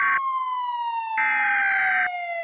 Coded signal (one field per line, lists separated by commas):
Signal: Emergency Alert System (SAME) tones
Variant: header bursts